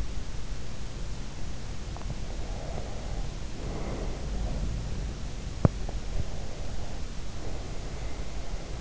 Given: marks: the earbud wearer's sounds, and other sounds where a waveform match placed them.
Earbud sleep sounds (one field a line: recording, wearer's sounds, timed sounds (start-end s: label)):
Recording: sounds in sleep by an in-ear microphone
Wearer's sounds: breath, teeth grinding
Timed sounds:
2.44-4.51 s: breath
5.48-5.76 s: teeth grinding
5.92-8.81 s: breath